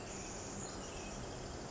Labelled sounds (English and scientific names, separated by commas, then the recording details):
Pacific Wren (Troglodytes pacificus)
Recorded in Sonoma County, California